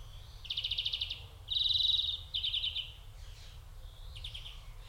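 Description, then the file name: European greenfinch song: three trills in quick succession, followed by softer notes. "Chloris chloris"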